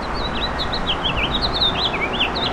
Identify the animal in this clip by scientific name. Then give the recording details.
Haemorhous mexicanus. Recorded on Long Island, New York, on 7 June 2012. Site SU. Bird B